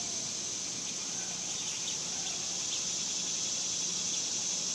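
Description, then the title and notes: Cicadas buzzing in a high, continuous drone over a low steady hum, with faint brief chirps scattered through the short stretch. Summer; suburbs; outdoor recording of several cicadas. "Ext Summer Cicadas, Suburbs by Bandeto"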